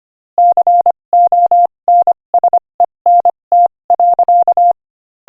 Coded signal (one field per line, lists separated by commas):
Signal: Morse code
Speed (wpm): 25 wpm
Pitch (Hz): 700 Hz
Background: none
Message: CONSENT.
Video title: Morse Code Practice: 25 wpm Inspirational Quote 14